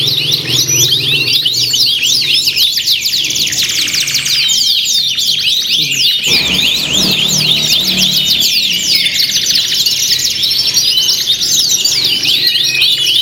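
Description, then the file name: Canary song chorus with fast repeated whistled sweeps and buzzy rolled trills, several birds singing at once without pause. Simulated canary singing contest with filler (isian) tutor songs, from Om Kicau, uploaded October 2013. "audio simulasi lomba kenari isian. omkicau"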